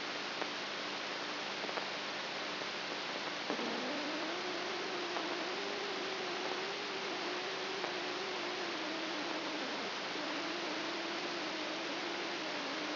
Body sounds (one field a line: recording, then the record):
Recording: brain microelectrode recording played as sound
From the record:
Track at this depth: outside the subthalamic nucleus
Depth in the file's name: 7.7 mm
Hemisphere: right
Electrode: 3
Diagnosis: Parkinson's disease